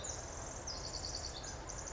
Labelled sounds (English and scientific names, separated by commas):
Pacific Wren (Troglodytes pacificus)